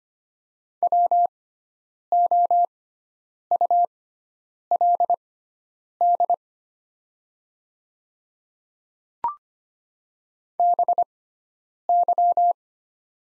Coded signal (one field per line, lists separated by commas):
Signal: Morse code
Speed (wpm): 25 wpm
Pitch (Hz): 700 Hz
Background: none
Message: WOULD BY